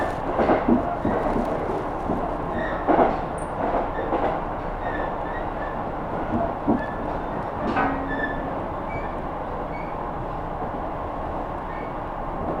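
A ride on the Kyudai Main Line train from Hita toward Tanushimaru, with a steady, dense low rumble throughout. Brief knocks and rattles come in the first eight seconds, alongside short high squeaks and chirps, including a sharp tone near three and a half seconds.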